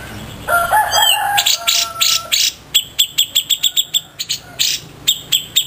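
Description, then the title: Grey-cheeked Bulbul song opening with a couple of lower whistled notes, then a string of sharp, bright chirps. "Cucak Jenggot"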